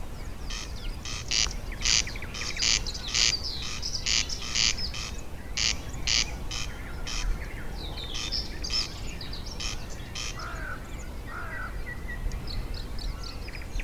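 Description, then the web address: Corn crake calling, dry rasping double notes repeated in a steady rhythm for the first half, then stopping while other small birds chirp faintly. Recorded in Brandenburg in 2012. "Brandenburg 2012 Kwartelkoning"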